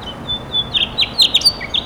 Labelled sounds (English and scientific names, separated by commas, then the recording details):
House Finch (Haemorhous mexicanus) song
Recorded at East Quogue on Long Island, New York, on 29 May 2013
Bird A